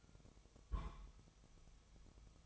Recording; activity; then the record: daily activity, microphone in the room; place on stove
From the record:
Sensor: 1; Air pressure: 999.3 hPa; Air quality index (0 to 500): 201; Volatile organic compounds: 42 ppm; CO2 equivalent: 3183 ppm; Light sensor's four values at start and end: 9/22/8/9 and 9/22/8/9